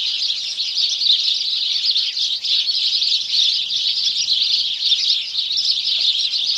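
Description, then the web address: House sparrow chorus with constant overlapping chirps from a crowd of birds, even in loudness from start to finish. Morning chorus of house sparrows. "BBC Sparrows"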